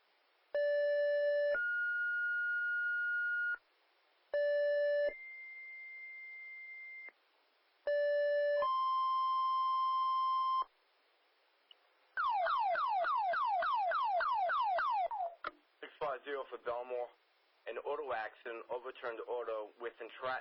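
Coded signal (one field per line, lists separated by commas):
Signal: two-tone page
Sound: three two-tone pages, each a short tone then a longer one, then warbling alert tones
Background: radio static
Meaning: Each two-tone pair alerts a group such as chiefs, rescue or EMS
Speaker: it's the Chiefs it's it's rescue tones probably it's EMS tones and then it's a dispatcher comes on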